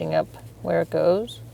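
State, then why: Not seated. Someone talks while lining up the new downstream oxygen sensor's plastic electrical connector with its matching wiring harness connector on a 2010-2013 Kia Soul 2.0L L4. Only speech is heard, with no sharp hits. The connector is still being handled and has not clicked or seated yet.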